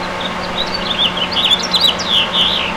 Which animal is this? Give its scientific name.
Haemorhous mexicanus